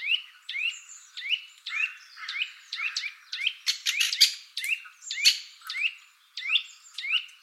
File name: Sitta europaea